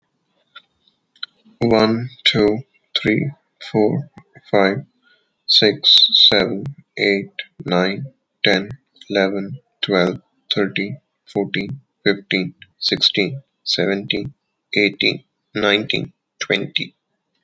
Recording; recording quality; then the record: counting at a normal pace; excellent, no background noise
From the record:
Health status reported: healthy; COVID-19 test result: not tested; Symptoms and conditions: none ticked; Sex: male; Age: 33 years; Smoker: not ticked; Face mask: not worn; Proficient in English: yes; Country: India